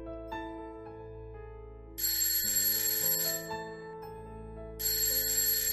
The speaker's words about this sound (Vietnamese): Tiếng chuông báo thức của thằng Tài chất thật. Tôi với tay tắt điện thoại của nó. Cái thằng này làm gì mà đặt báo thức sớm như vậy không biết. Mới có 7 giờ kém mà.